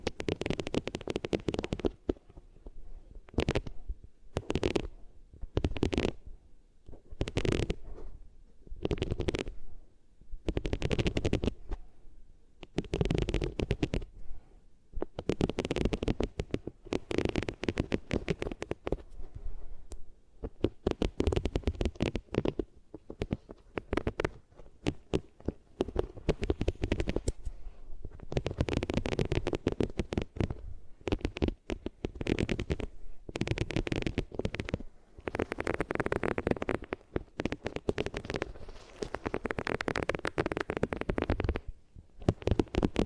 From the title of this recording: Rubbing Your Ears on Different Materials